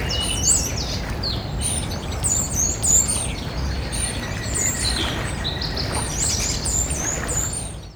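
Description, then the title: Common starling singing very high, thin metallic whistles and trills, short slurred notes repeated in quick bursts over a steady low rumble of background noise. Bird singing very high-pitched metallic trills at 54 Rue de la Garonne, Beauzelle, France; recorded with an ORTF pair of Sennheiser MKH8040 microphones and a MixPre-6 recorder. "54 Rue de la Garonne, 31700 Beauzelle, France - Un étourneau sansonnet aux trilles métalliques"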